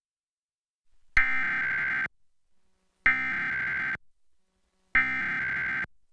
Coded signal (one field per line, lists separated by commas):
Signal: Emergency Alert System (SAME) tones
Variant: header bursts